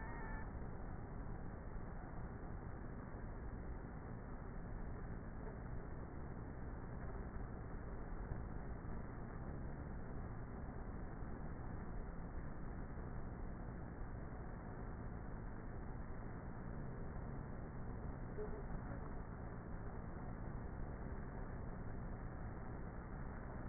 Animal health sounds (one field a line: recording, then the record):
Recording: honeybee colony, microphone inside the hive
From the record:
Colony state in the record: queenless with a low population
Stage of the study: before two queens were removed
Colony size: about 30,000 bees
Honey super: no